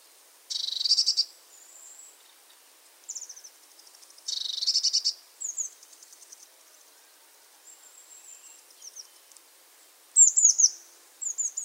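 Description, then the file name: Eurasian blue tit calling: two harsh buzzy churring bursts, then shorter buzzes and very high thin descending notes, ending in a loud rapid high-pitched flourish. "Cyanistes caeruleus"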